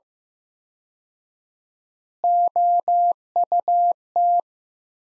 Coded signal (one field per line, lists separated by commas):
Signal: Morse code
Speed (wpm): 15 wpm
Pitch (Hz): 700 Hz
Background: none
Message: OUT